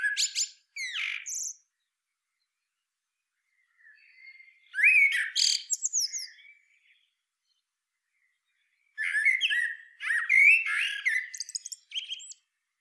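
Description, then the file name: Eurasian blackbird delivering separate song phrases, low whistled warbles followed by high squeaky flourishes, with quiet gaps between them. "Turdus merula"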